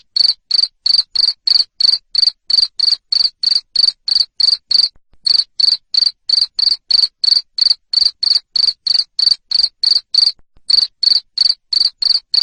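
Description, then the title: Loud cricket chirps, sharp buzzy pulses repeated steadily around three per second, with two brief pauses across the stretch. Loud cricket chirping (ngerik) to stimulate lovebirds into continuous singing (ngekek). "Suara JANGKRIK NGERIK Keras Bikin LOVEBIRD Jadi NGEKEK Terus Vubey"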